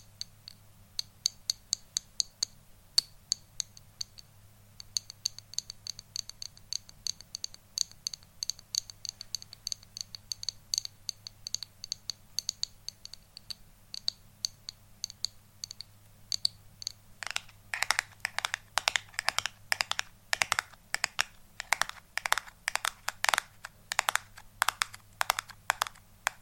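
Quick, crisp tapping runs the whole way through, sharp clicky strikes in a busy, uneven rhythm much like typing on a keyboard. Around seventeen seconds the taps turn louder and fuller, with more scratchy rattling texture. A steady low hum sits underneath throughout.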